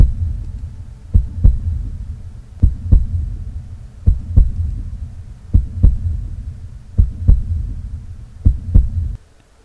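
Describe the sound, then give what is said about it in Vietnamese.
A woman's slow, heavy heartbeat pounds in her chest in steady double thumps, about six beats over a low, droning rumble, each deep lub-dub evenly spaced before the sound cuts off abruptly. “Tim đập như trống dục, chậm chạp nhưng nó gõ từng nhịp nặng nề lên trên lòng ngực của cô.”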